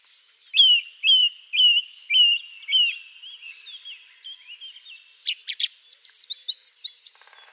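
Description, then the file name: Song thrush song: a clear whistled note repeated five times at even intervals, then softer twittering, followed by sharp high clicks and squeaky repeated notes. "Grive musicienne"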